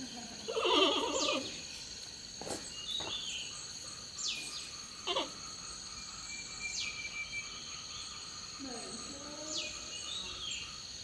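Panda bleat: one brief wavering, harmonic bleat near the start, then sharp clicks and knocks over a steady high insect-like hiss.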